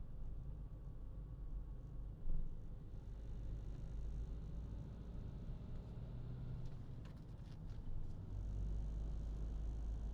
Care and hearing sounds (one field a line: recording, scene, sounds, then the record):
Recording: everyday scene through a hearing-aid microphone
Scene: in a vehicle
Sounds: engine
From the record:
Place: Berlingo II, diesel engine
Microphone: in the ear canal, left